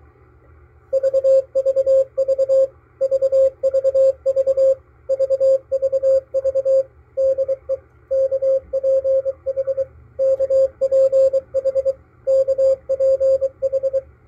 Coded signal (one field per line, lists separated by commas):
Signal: Morse code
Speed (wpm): 23 wpm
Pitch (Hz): 540 Hz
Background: none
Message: VVV VVV VVV DE KPH KPH KPH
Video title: KPH San Francisco - MALAHITEAM DSP-2 sdr receiver 3-26-2022